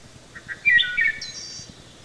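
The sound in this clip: Wood thrush singing one phrase: quiet opening notes, a liquid flutelike passage, then a thin, high, buzzy trill. A faint background hum runs throughout.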